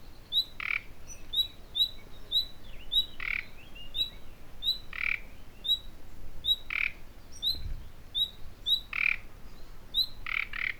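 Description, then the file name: Common nightingale alternating brisk upslurred whistles with rough, grating croaks recurring every two seconds or so. "Luscinia megarhynchos"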